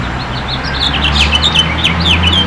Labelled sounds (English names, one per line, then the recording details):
House Finch song
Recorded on Long Island, New York, on 22 June 2012
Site AU
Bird A